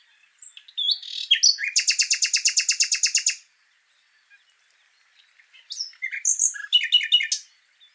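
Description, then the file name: Common nightingale song: a few sharp notes lead into a loud, rapidly repeated rattling trill, then after a quiet gap a varied phrase of whistles and chirps. "Luscinia megarhynchos"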